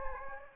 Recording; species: mosquito wingbeat signal from an infrared sensor; Anopheles gambiae